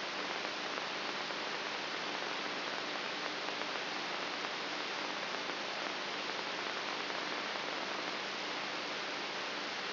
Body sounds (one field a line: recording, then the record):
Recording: brain microelectrode recording played as sound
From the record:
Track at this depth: inside the subthalamic nucleus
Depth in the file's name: 5.24 mm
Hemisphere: right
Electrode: 3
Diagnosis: Parkinson's disease